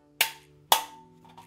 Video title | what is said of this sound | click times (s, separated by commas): Our Bathroom is Missing Something VERY Important | then these two pieces should just snap in place | 0.2 s, 0.7 s